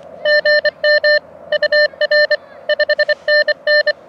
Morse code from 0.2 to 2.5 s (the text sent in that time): GM UR